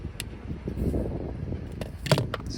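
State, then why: Seated. A charging-port flex cable connector is pressed onto its board socket during an iPhone 14 Pro charging port replacement. It gives a sharp snap at 0.2 s and is confirmed seated. Several more short, faint ticks follow between about 1.8 and 2.3 s.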